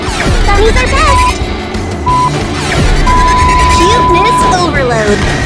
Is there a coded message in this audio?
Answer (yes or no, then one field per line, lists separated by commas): no